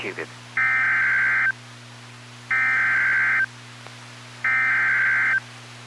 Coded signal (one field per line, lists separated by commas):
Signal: Emergency Alert System (SAME) tones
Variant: header bursts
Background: speech